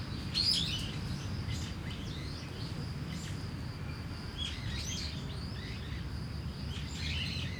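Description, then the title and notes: Starling singing scratchy, twittering phrases spread across several seconds over a constant cricket whine and a deep hum of city traffic. Singing in a tree, Kiyosumi garden, Tokyo, Japan; crickets and cars around; recorded binaurally with DPA 4060 mics in a bag onto a Deity PR-2. "Kiyosumi garden, Tokyo, Japon - Starling in a tree. Starling singing in a tree, crickets, cars, helicopter, people passing by. Un étourneau chante dans un arbre"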